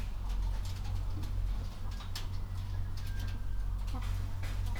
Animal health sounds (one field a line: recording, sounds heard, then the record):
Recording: poultry house recording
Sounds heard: healthy chickens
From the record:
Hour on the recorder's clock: 22